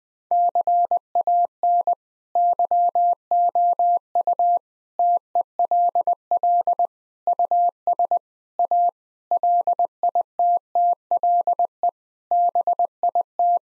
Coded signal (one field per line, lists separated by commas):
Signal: Morse code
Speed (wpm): 20 wpm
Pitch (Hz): 700 Hz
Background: none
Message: CAN YOU TELL US A LITTLE BIT